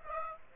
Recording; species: mosquito wingbeat signal from an infrared sensor; Aedes aegypti